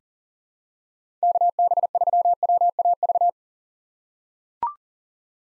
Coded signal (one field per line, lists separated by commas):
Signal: Morse code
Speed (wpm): 40 wpm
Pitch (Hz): 700 Hz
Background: none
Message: KB3WAV